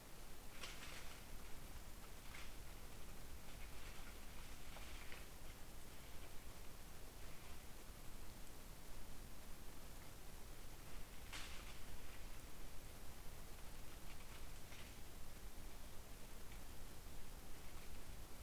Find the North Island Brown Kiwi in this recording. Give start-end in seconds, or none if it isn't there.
none